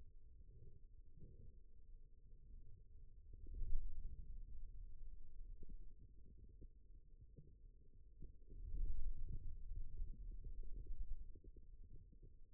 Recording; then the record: forearm muscle sounds (acoustic myography)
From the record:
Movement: radial deviation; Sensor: system 2, bracelet of six BSWA MPA416 microphones around the upper forearm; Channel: 6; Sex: male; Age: 22 years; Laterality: right